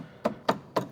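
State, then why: Not seated. Three dull knocks at about 0.3, 0.5 and 0.8 seconds come from a plastic trim panel clip being struck to seat it into its hole in the door frame of a BMW E39 540i during rear window regulator work. The clip misses its hole, so nothing has seated or clicked yet.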